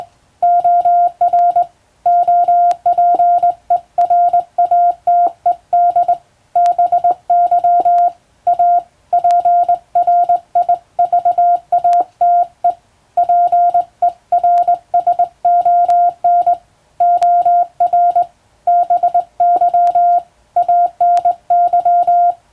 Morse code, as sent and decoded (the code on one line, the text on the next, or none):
--- .-. / --- .--. . .-. .- - . -.. / -... -.-- / .- / .--. .-. .. ...- .- - . / .--. . .-. ... --- -. / --- .-. / -... -.-- / .- -. -.--
OR OPERATED BY A PRIVATE PERSON OR BY ANY